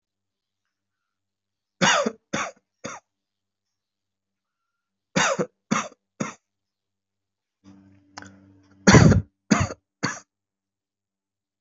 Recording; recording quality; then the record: shallow voluntary cough; excellent, no background noise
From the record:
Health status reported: healthy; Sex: male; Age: 40 years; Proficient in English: yes